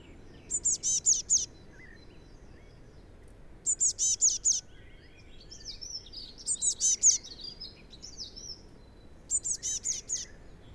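Eurasian blue tit repeating short clusters of high, thin notes four times, roughly every three seconds, with a few softer notes in between.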